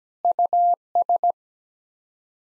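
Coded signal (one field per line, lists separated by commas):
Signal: Morse code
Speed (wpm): 17 wpm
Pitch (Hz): 700 Hz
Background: none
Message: US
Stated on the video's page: Morse practice sending sets of 8 common English words at 17 wpm for head-copy, each set sent twice.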